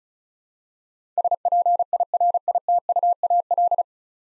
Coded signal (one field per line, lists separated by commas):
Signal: Morse code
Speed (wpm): 36 wpm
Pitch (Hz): 700 Hz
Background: none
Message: SPIRITUAL